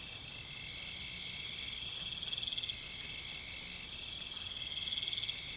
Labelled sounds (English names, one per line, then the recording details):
none
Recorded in pastures near Puerto Asís, Putumayo, Colombia, on 20 December 2024 at 02:00
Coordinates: 0.472, -76.329
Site G072